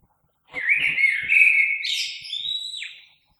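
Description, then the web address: Common blackbird singing one rich, flowing phrase of warbled notes that ends in a sharp, high, squeaky twitter before falling silent. Recorded 3 March 2020. "oiseaux Merle 2020 03 03"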